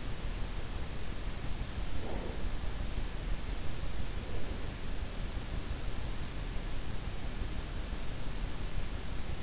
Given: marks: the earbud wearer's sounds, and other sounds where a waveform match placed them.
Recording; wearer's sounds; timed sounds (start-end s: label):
sounds in sleep by an in-ear microphone; breath
1.96-2.44 s: breath